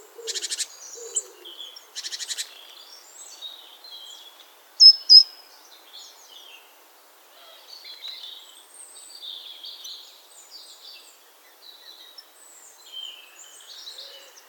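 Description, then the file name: Great tit giving two quick buzzy churrs in succession, followed by two sharp high notes and a long spell of scattered chirps and twitters from other birds. "Parus major"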